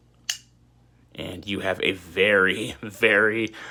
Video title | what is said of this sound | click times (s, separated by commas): Strider .75 AR: Full Review!! | You get a very nice click from the lock bar engaging on the blade right here. | 0.3 s